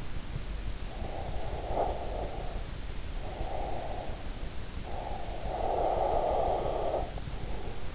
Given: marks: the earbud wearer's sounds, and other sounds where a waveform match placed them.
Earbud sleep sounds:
sounds in sleep by an in-ear microphone; breath
0.70-4.44 s: breath
4.70-7.95 s: breath

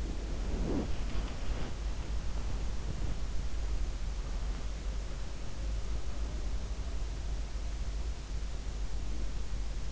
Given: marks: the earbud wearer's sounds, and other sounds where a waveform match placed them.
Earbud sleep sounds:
sounds in sleep by an in-ear microphone; body movement
0.00-3.29 s: body movement

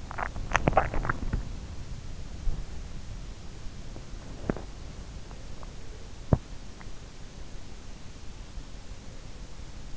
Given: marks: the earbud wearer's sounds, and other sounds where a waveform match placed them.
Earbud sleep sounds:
sounds in sleep by an in-ear microphone; teeth grinding
0.00-7.00 s: teeth grinding

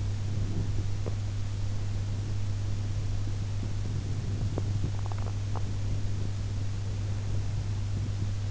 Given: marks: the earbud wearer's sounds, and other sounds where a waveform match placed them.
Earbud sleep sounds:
sounds in sleep by an in-ear microphone; teeth grinding
0.00-1.31 s: teeth grinding
4.00-6.29 s: teeth grinding

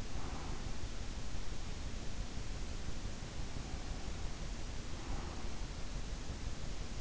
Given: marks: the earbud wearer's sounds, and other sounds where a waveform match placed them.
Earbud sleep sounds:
sounds in sleep by an in-ear microphone; breath
0.00-1.10 s: breath
3.67-5.75 s: breath

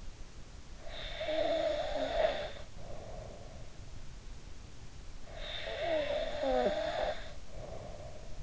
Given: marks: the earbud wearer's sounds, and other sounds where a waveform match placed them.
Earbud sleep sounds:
sounds in sleep by an in-ear microphone; snoring breath
0.77-3.68 s: snoring breath
5.36-8.43 s: snoring breath

